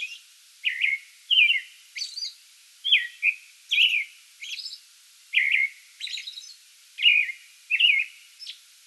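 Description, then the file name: American robin singing a steady string of short, clear, warbled phrases with thin, high, squeaky notes mixed in. Song bout, 8 May 2022. "2022-05-08 American Robin song bout"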